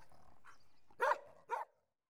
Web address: BBC Sound Effects Library. Collie Dog Barking